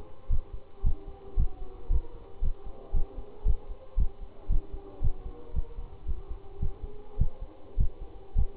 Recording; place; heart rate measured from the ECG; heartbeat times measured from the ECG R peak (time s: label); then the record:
heart sounds by stethoscope; between the tricuspid and mitral areas; 112 bpm
0.31 s: heartbeat
0.85 s: heartbeat
1.38 s: heartbeat
1.91 s: heartbeat
2.43 s: heartbeat
2.95 s: heartbeat
3.47 s: heartbeat
3.98 s: heartbeat
4.51 s: heartbeat
5.03 s: heartbeat
5.55 s: heartbeat
6.07 s: heartbeat
6.61 s: heartbeat
7.19 s: heartbeat
7.79 s: heartbeat
8.37 s: heartbeat
From the record:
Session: Bruce protocol treadmill stress test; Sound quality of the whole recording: good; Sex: male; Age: 25 years